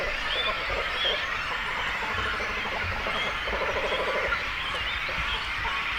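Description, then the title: Cormorant colony chorus of hoarse, overlapping chatter, with repeated low, rattling croak series rising above it several times. Breeding cormorant colony with chicks, at Zemitz, Germany. "Zemitz, Deutschland - Kormorane brüten (mit Jungvögeln). breeding cormorants (with children)"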